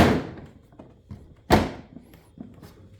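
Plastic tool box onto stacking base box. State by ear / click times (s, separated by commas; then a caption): not seated / none. A plastic Ryobi LINK tool box is pushed down onto its plastic stacking base box, giving two heavy plastic-on-plastic thunks at about 0.0 and 1.5 seconds, with lighter knocks near 1.1 and 2.4 seconds. The stacking latch fails to catch, and nothing has clicked or seated.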